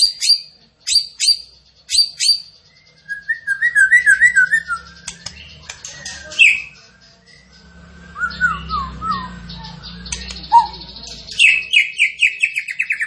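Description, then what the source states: Zebra finch song opening with several repeated sharp high notes, then varied whistled warbles, chirps and a closing series of descending notes. Training audio for cage birds; the bird is described as gacor, singing prolifically.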